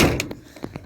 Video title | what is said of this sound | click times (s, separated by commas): Amazon Aiper Cordless Robotic Pool Cleaner - Unboxed, Tested & Reviewed!!! | until it clicks | 0.2 s, 0.3 s